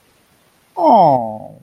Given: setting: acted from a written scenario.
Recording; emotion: vocal sound without words; adoration